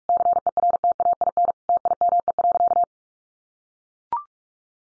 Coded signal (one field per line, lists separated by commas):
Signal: Morse code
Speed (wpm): 44 wpm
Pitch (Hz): 700 Hz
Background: none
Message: CERTAIN TIME.